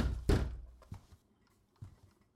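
Police pound heavily on a wooden door, demanding that it be opened: one loud, booming thud followed by three softer, irregular knocks, low and dull, with no voices.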